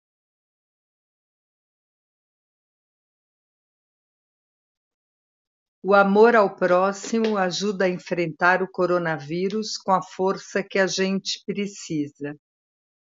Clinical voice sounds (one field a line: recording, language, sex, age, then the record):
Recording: spoken sentence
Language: Brazilian Portuguese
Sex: female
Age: 60 to 69 years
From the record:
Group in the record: control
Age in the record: 61 years